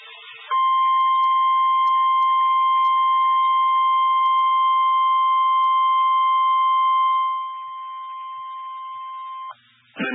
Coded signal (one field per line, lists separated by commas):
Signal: Emergency Alert System (SAME) tones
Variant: 1050 Hz attention tone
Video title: Chaotic Hellstorm VI Holiday Hell | EAS Alerts From 12/10/2021 (EAS #1,132-1,192)